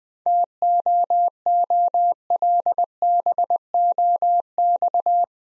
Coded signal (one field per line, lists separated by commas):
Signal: Morse code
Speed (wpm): 20 wpm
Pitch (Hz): 700 Hz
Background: none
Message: TOOLBOX